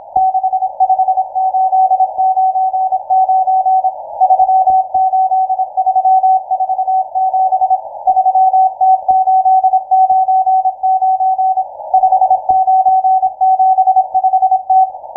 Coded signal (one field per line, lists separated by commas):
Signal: Morse code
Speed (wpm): 26 wpm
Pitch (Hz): 750 Hz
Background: none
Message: 65899 38347 3T899 5975T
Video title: M12 12187.00kHz Morse Code (WebSDR Utwente)